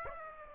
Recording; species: mosquito wingbeat signal from an infrared sensor; Aedes aegypti